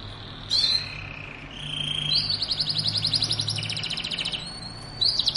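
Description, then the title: Belgian canary delivering a long pulsed trill that rises into a fast high rattle, framed by bright whistled notes at start and end. Belgian canary song played to warm up and stimulate other canaries to sing; mating song. "Canto Para Esquentar Canário Belga. suara kenari kawin"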